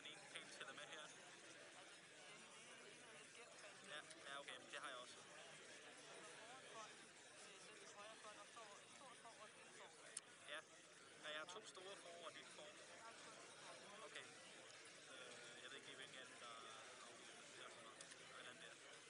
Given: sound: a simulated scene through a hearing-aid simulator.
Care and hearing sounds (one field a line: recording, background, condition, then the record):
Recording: conversation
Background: cafeteria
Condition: -4 dB SNR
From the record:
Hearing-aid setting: II (fast-acting compression, audibility-based gain, advanced features for about 2.5 dB of SNR improvement)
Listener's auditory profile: D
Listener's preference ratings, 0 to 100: 31, 0, 12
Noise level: 65 dB SPL